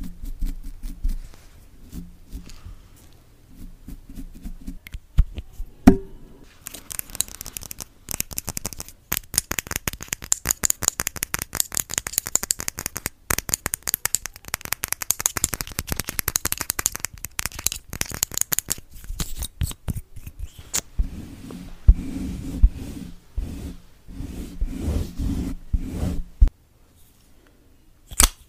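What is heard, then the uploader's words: ASMR tapping: soft scattered taps for the first six seconds, then from about 7 to 20 seconds a dense run of quick, crisp, bright taps and scratches. After that the tapping thins and turns duller and lower, with a low hum underneath, ending in a few isolated clicks. Blue yeti microphone. Asmr tapping.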